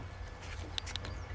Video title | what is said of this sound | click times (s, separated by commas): Flite Test Widgeon Review | and the wing snaps in place with an overlock center kind of like a zeus fastener if you're familiar with those | 0.8 s, 1.0 s